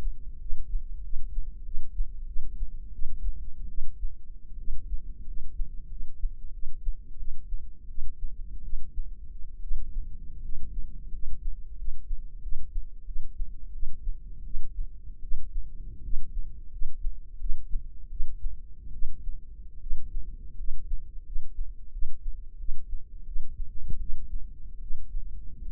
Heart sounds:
heart sounds by microphone in the left ear; 83 bpm
0.37 s: heartbeat
1.00 s: heartbeat
1.62 s: heartbeat
2.25 s: heartbeat
2.91 s: heartbeat
3.67 s: heartbeat
4.57 s: heartbeat
5.24 s: heartbeat
5.88 s: heartbeat
6.51 s: heartbeat
7.16 s: heartbeat
7.87 s: heartbeat
8.62 s: heartbeat
9.61 s: heartbeat
10.41 s: heartbeat
11.10 s: heartbeat
11.76 s: heartbeat
12.40 s: heartbeat
13.04 s: heartbeat
13.71 s: heartbeat
14.43 s: heartbeat
15.21 s: heartbeat
16.02 s: heartbeat
16.69 s: heartbeat
17.38 s: heartbeat
18.09 s: heartbeat
18.91 s: heartbeat
19.79 s: heartbeat
20.56 s: heartbeat
21.23 s: heartbeat
21.90 s: heartbeat
22.57 s: heartbeat
23.24 s: heartbeat
23.98 s: heartbeat
24.79 s: heartbeat
25.63 s: heartbeat
From the record:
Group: healthy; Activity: rest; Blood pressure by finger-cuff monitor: 102/66 mmHg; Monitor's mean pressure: 79 mmHg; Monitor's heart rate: 84 bpm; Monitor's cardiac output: 7.4 L/min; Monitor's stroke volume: 88 mL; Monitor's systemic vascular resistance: 830 dyn s/cm5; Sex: female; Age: 22 years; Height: 157 cm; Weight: 47.6 kg

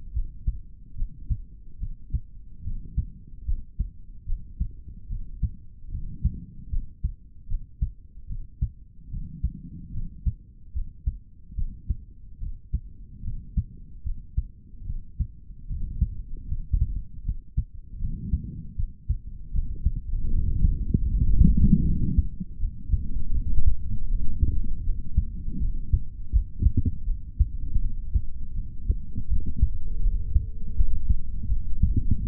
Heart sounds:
heart sounds by stethoscope; 77 bpm
0.13 s: heartbeat
0.95 s: heartbeat
1.78 s: heartbeat
2.62 s: heartbeat
3.45 s: heartbeat
4.25 s: heartbeat
5.07 s: heartbeat
5.89 s: heartbeat
6.70 s: heartbeat
7.47 s: heartbeat
8.27 s: heartbeat
9.09 s: heartbeat
9.92 s: heartbeat
10.73 s: heartbeat
11.55 s: heartbeat
12.38 s: heartbeat
13.22 s: heartbeat
14.03 s: heartbeat
14.84 s: heartbeat
15.66 s: heartbeat
16.47 s: heartbeat
17.23 s: heartbeat
17.99 s: heartbeat
18.76 s: heartbeat
19.51 s: heartbeat
20.29 s: heartbeat
21.07 s: heartbeat
21.84 s: heartbeat
22.58 s: heartbeat
23.32 s: heartbeat
24.07 s: heartbeat
24.82 s: heartbeat
25.58 s: heartbeat
26.31 s: heartbeat
27.05 s: heartbeat
27.80 s: heartbeat
28.54 s: heartbeat
29.28 s: heartbeat
30.01 s: heartbeat
30.75 s: heartbeat
31.48 s: heartbeat
32.20 s: heartbeat
From the record:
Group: healthy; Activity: rest 0-30 s, light exercise 30-32 s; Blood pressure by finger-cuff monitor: 110/71 mmHg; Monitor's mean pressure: 84 mmHg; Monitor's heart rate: 77 bpm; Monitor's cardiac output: 3.9 L/min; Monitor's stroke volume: 52 mL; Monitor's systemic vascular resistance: 1580 dyn s/cm5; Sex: male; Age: 55 years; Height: 167 cm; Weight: 57.2 kg

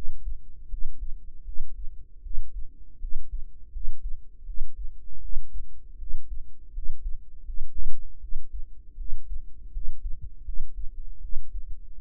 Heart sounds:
heart sounds by microphone in the right ear; 80 bpm
0.67 s: heartbeat
1.43 s: heartbeat
2.21 s: heartbeat
2.98 s: heartbeat
3.71 s: heartbeat
4.44 s: heartbeat
5.20 s: heartbeat
5.97 s: heartbeat
6.72 s: heartbeat
7.44 s: heartbeat
8.19 s: heartbeat
8.95 s: heartbeat
9.71 s: heartbeat
10.43 s: heartbeat
11.20 s: heartbeat
11.98 s: heartbeat
From the record:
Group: healthy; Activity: rest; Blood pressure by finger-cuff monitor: 92/52 mmHg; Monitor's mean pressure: 65 mmHg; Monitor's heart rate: 78 bpm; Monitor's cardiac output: 7.2 L/min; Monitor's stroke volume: 92 mL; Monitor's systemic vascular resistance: 630 dyn s/cm5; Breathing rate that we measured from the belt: 19 breaths a minute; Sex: female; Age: 19 years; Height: 163 cm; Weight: 48.9 kg

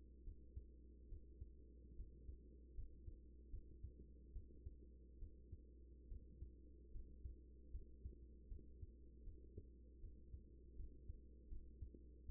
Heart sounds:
heart sounds by stethoscope; 75 bpm
0.24 s: heartbeat
1.09 s: heartbeat
1.96 s: heartbeat
2.75 s: heartbeat
3.50 s: heartbeat
4.32 s: heartbeat
5.19 s: heartbeat
6.08 s: heartbeat
6.91 s: heartbeat
7.71 s: heartbeat
8.48 s: heartbeat
9.23 s: heartbeat
10.00 s: heartbeat
10.76 s: heartbeat
11.48 s: heartbeat
12.26 s: heartbeat
From the record:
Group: healthy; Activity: rest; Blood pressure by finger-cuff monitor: 107/62 mmHg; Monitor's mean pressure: 80 mmHg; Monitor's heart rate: 75 bpm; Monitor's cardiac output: 6.5 L/min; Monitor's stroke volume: 87 mL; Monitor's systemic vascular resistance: 890 dyn s/cm5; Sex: female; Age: 24 years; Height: 163 cm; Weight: 55.7 kg

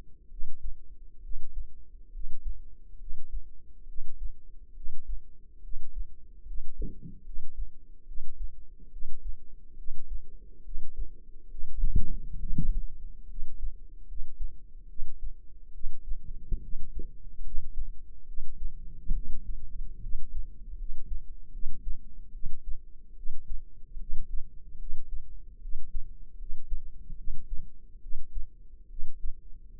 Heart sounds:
heart sounds by microphone in the left ear; 71 bpm
0.28 s: heartbeat
1.21 s: heartbeat
2.11 s: heartbeat
2.98 s: heartbeat
3.86 s: heartbeat
4.74 s: heartbeat
5.61 s: heartbeat
6.45 s: heartbeat
7.23 s: heartbeat
8.05 s: heartbeat
8.90 s: heartbeat
9.76 s: heartbeat
10.63 s: heartbeat
11.48 s: heartbeat
12.38 s: heartbeat
13.28 s: heartbeat
14.06 s: heartbeat
14.87 s: heartbeat
15.72 s: heartbeat
16.61 s: heartbeat
17.42 s: heartbeat
18.25 s: heartbeat
19.13 s: heartbeat
20.00 s: heartbeat
20.76 s: heartbeat
21.51 s: heartbeat
22.31 s: heartbeat
23.14 s: heartbeat
23.97 s: heartbeat
24.77 s: heartbeat
25.59 s: heartbeat
26.36 s: heartbeat
27.15 s: heartbeat
27.99 s: heartbeat
28.87 s: heartbeat
29.76 s: heartbeat
From the record:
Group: healthy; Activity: rest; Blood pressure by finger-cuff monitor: 112/71 mmHg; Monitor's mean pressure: 83 mmHg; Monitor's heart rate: 70 bpm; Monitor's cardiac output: 5.5 L/min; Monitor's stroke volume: 77 mL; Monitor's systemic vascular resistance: 1110 dyn s/cm5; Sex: female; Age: 22 years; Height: 160 cm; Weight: 45 kg

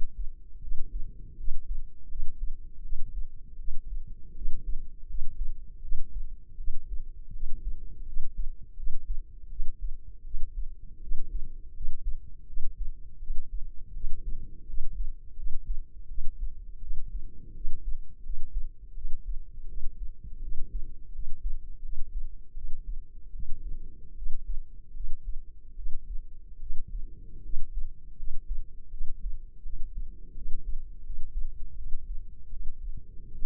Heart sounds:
heart sounds by microphone in the left ear; 81 bpm
0.58 s: heartbeat
1.34 s: heartbeat
2.06 s: heartbeat
2.80 s: heartbeat
3.55 s: heartbeat
4.32 s: heartbeat
5.05 s: heartbeat
5.79 s: heartbeat
6.55 s: heartbeat
7.30 s: heartbeat
8.03 s: heartbeat
8.74 s: heartbeat
9.47 s: heartbeat
10.21 s: heartbeat
10.98 s: heartbeat
11.71 s: heartbeat
12.44 s: heartbeat
13.17 s: heartbeat
13.91 s: heartbeat
14.64 s: heartbeat
15.33 s: heartbeat
16.05 s: heartbeat
16.78 s: heartbeat
17.51 s: heartbeat
18.20 s: heartbeat
18.92 s: heartbeat
19.64 s: heartbeat
20.38 s: heartbeat
21.10 s: heartbeat
21.79 s: heartbeat
22.52 s: heartbeat
23.30 s: heartbeat
24.13 s: heartbeat
24.91 s: heartbeat
25.73 s: heartbeat
26.57 s: heartbeat
27.40 s: heartbeat
28.14 s: heartbeat
28.88 s: heartbeat
29.60 s: heartbeat
30.32 s: heartbeat
31.00 s: heartbeat
31.73 s: heartbeat
32.47 s: heartbeat
33.29 s: heartbeat
From the record:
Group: healthy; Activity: rest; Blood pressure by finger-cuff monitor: 117/65 mmHg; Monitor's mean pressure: 83 mmHg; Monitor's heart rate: 81 bpm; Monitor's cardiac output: 7.7 L/min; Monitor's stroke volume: 96 mL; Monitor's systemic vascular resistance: 770 dyn s/cm5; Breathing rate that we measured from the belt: 18 breaths a minute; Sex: female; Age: 23 years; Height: 160 cm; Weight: 50.4 kg

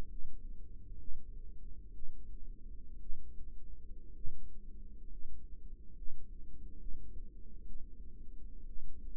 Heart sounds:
heart sounds by microphone in the right ear; 63 bpm
0.07 s: heartbeat
0.98 s: heartbeat
1.92 s: heartbeat
2.98 s: heartbeat
4.13 s: heartbeat
5.08 s: heartbeat
5.94 s: heartbeat
6.77 s: heartbeat
7.64 s: heartbeat
8.65 s: heartbeat
From the record:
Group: healthy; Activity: rest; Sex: male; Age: 25 years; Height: 170 cm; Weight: 70.4 kg

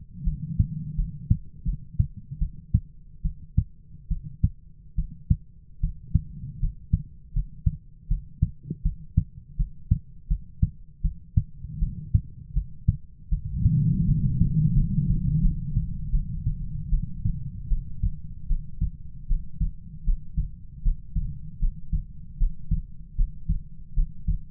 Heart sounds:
heart sounds by stethoscope; 79 bpm
0.25 s: heartbeat
0.96 s: heartbeat
1.65 s: heartbeat
2.39 s: heartbeat
3.23 s: heartbeat
4.09 s: heartbeat
4.96 s: heartbeat
5.81 s: heartbeat
6.60 s: heartbeat
7.34 s: heartbeat
8.08 s: heartbeat
8.83 s: heartbeat
9.57 s: heartbeat
10.28 s: heartbeat
11.02 s: heartbeat
11.80 s: heartbeat
12.54 s: heartbeat
13.30 s: heartbeat
14.06 s: heartbeat
14.74 s: heartbeat
15.41 s: heartbeat
16.11 s: heartbeat
16.90 s: heartbeat
17.69 s: heartbeat
18.48 s: heartbeat
19.28 s: heartbeat
20.05 s: heartbeat
20.83 s: heartbeat
21.60 s: heartbeat
22.38 s: heartbeat
23.16 s: heartbeat
23.94 s: heartbeat
From the record:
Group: healthy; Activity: rest 0-16 s, breath hold 16-25 s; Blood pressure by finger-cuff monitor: 137/83 mmHg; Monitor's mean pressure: 105 mmHg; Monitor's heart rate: 78 bpm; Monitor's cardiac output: 7.4 L/min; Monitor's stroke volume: 93 mL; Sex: female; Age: 22 years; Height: 161 cm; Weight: 65.5 kg

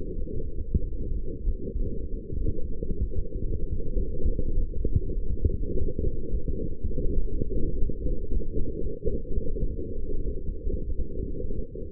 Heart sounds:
heart sounds by stethoscope; 101 bpm
0.16 s: heartbeat
0.80 s: heartbeat
1.44 s: heartbeat
2.09 s: heartbeat
2.71 s: heartbeat
3.32 s: heartbeat
3.94 s: heartbeat
4.54 s: heartbeat
5.13 s: heartbeat
5.71 s: heartbeat
6.30 s: heartbeat
6.88 s: heartbeat
7.44 s: heartbeat
7.99 s: heartbeat
8.54 s: heartbeat
9.11 s: heartbeat
9.67 s: heartbeat
10.24 s: heartbeat
10.85 s: heartbeat
11.42 s: heartbeat
From the record:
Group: healthy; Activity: light exercise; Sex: female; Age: 19 years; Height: 163 cm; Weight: 51 kg

